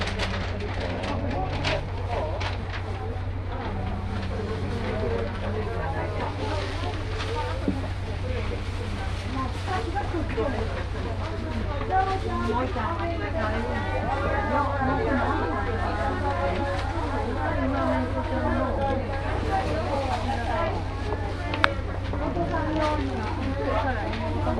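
Aboard the Shimanto Torokko trolley train on the Yodo Line, a steady low engine rumble runs under continuous overlapping chatter, with occasional clicks.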